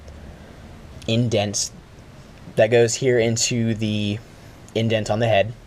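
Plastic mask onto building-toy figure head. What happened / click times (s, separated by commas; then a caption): The plastic part is being handled but has not yet snapped home / none. Someone talks in three short bursts, with quiet gaps between them, while handling the plastic mask of the Bionicle 70787 Tahu Master of Fire building-toy figure. The mask's rear prongs with a circular indent are lined up to go into the indent on the figure's plastic head. Nothing has snapped or seated yet.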